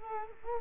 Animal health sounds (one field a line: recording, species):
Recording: mosquito wingbeat signal from an infrared sensor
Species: Culex quinquefasciatus